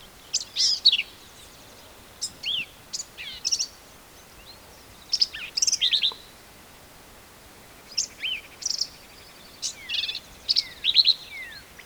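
Black-capped vireo, repeated clusters of high scratchy chirps and downslurred notes in irregular bursts against a soft hiss.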